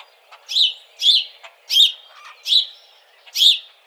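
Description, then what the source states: House sparrow calling with a series of five emphatic chirps, slightly faster than one per second, with a few faint softer notes between. Recorded 17 March 2007.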